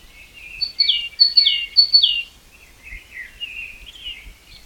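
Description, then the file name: Great tit gives three strong two-note phrases, each sliding downward, then softer scratchy warbling continues in the background. "Parus major"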